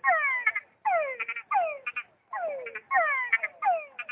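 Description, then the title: Frog calling in bursts: each call a falling, harmonic croak followed by a few short pulsed notes, repeated several times. "tabogaÂ´s frog"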